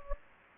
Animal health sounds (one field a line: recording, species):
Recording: mosquito wingbeat signal from an infrared sensor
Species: Anopheles gambiae